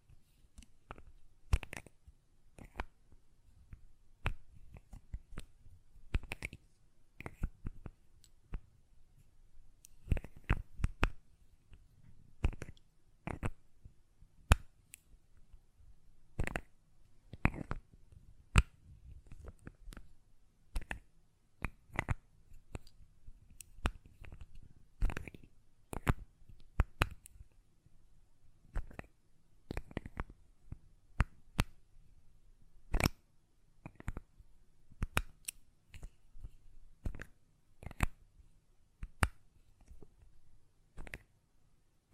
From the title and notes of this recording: ASMR Glass Perfume Bottle Tapping & Lid Sounds (No Talking).